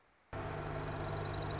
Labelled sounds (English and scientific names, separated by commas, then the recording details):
Dark-eyed Junco (Junco hyemalis)
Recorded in Sonoma County, California